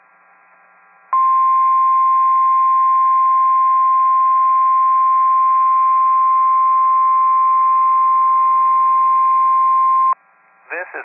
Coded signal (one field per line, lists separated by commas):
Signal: Emergency Alert System (SAME) tones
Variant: 1050 Hz attention tone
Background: speech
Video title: EAS Mini-Compilation 2022 Illinois/Kentucky Statewide Tornado Drills NOAA Weather Radio